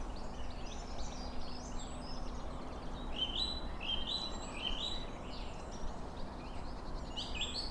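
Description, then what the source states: Song thrush singing varied phrases with short repeated notes, over a steady low rumble and other small birds twittering. Song thrush singing at dawn in early spring along the Monmouth-Brecon canal towpath in the Brecon Beacons, under a cloudless sunny sky.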